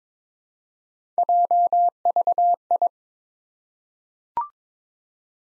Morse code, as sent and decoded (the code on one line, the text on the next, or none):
.--- ...- ..
JVI